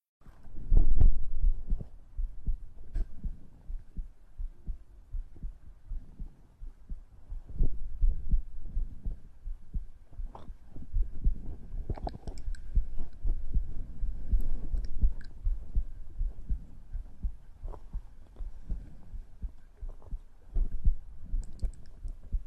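Heartbeat and breathing of an adult, heard through a close microphone.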